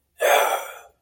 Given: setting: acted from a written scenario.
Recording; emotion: vocal sound without words; triumph